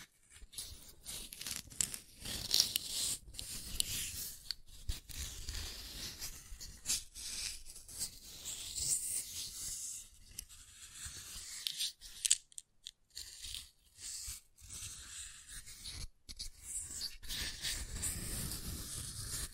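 Scratching and tracing on a surface, a dry, papery rasp that runs almost without stopping for the whole twenty seconds. The strokes are dense and bright, with short gaps and quick crunchy bursts, sharp catches near 2.5, 12 and 16 seconds.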